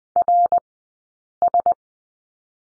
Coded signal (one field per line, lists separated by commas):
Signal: Morse code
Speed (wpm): 20 wpm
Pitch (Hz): 700 Hz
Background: none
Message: RS